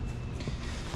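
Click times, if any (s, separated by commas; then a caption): none. A plastic power connector is pushed over and lined up square on the battery socket of a UBCO 2X2 AWD electric adventure utility bike, producing steady, broadband handling and shuffling noise with a few soft low thumps. Nothing has seated or clicked yet.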